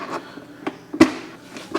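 A lithium battery pack is pushed down into its compartment on a Paiseec S3 mobility scooter until it sinks fully and locks into place. Several sharp plastic knocks are heard, with the loudest lock click at 1.0 s. The pack is seated.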